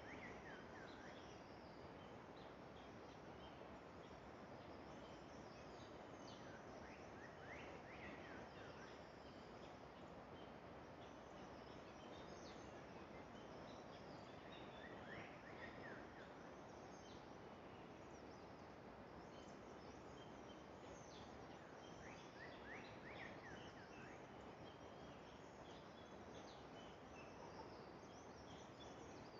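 Early morning in the Garhwal Himalayas, with a steady, dense wash of low rushing noise filling the whole clip. Above it, scattered bird calls chirp and whistle at irregular intervals, brief bright notes popping up every few seconds throughout.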